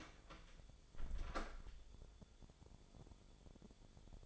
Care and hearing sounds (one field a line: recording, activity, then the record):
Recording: daily activity, microphone in the room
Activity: close door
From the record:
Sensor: 5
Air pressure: 1015.3 hPa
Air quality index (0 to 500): 223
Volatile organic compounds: 13 ppm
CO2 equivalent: 2416 ppm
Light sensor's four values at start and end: 35/80/32/31 and 35/80/32/31